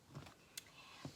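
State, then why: Seated. The magnetic clasp on a paper journal's matching box case is brought together and snaps shut with a short, sharp click at 0.6 s. Softer low thumps come before it around 0.2 s and after it near 1.1 s. The clasp is closed.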